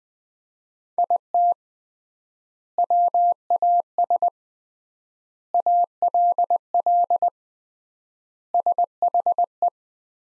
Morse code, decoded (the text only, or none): IT WAS ALL SHE